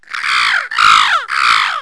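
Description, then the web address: Bird giving three loud, harsh, hoarse squawks in quick succession, each note sliding downward in pitch, with no other sounds. "K CD 9 98. creature bird"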